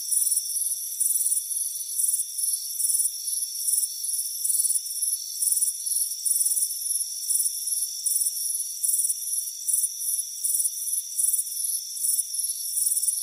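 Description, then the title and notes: Cricket chirps form a dense, high-pitched pulsing chorus, short bursts repeating rapidly and unevenly, with steady thin tones humming underneath throughout. Crickets chirping on a warm afternoon at a front porch. "Soothing Crickets Chirping Sound. It's a warm afternoon as you relax in a hammock on the front porch"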